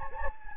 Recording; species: mosquito wingbeat signal from an infrared sensor; Anopheles gambiae